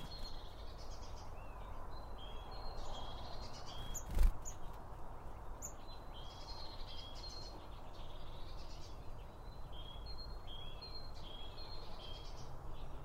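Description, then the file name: Birds twittering with high whistled and buzzy notes throughout, one sharp knock just past four seconds, over steady low noise. Several birds gathered around a bird feeder, recorded with two Line Audio OM1 microphones. "Birds Around Birdfeeding With Two Om 1 From Line Audio"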